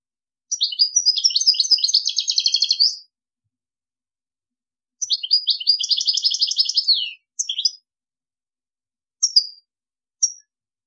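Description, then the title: European goldfinch singing two rapid, tinkling twittered phrases a couple of seconds long, followed by a few short separate chirps. "Chant Chardonneret"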